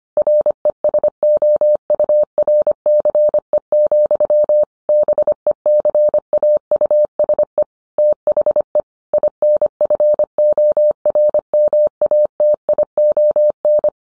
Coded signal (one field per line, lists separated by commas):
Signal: Morse code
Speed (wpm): 25 wpm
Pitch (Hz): 600 Hz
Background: none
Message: RESOURCE, BECAUSE THE INFORMATION